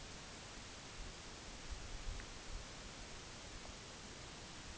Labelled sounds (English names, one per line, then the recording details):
none
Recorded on Arctic tundra, site NAIT-1, on 25 June 2019
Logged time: 22:00